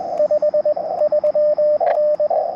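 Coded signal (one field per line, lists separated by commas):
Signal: Morse code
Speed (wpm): 20 wpm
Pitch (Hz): 600 Hz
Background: radio noise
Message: 53N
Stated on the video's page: QRP CW Parks on the Air activation from a national forest, Elecraft KX2 with KXPD2 paddle and MC-750 antenna.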